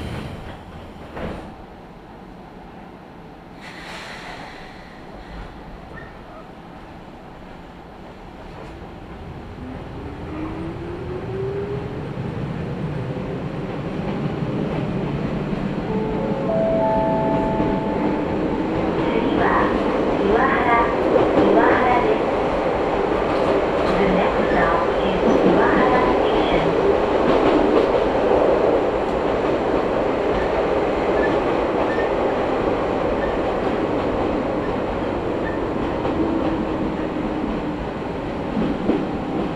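A train on the Izuhakone Railway Daiyuzan Line pulls away after a few quiet seconds with faint clicks. From around ten seconds a motor whine rises in pitch as the rumble builds, then steady running noise continues with rail clatter and brief high squeals.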